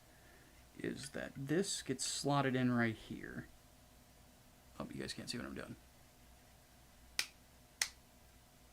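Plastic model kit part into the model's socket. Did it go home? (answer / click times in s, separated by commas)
yes / 7.2 s, 7.8 s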